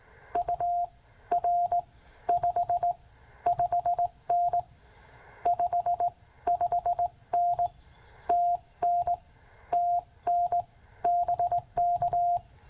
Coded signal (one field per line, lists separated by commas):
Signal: Morse code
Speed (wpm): 18 wpm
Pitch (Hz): 700 Hz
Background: none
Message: UR 55N 55N TN TN BK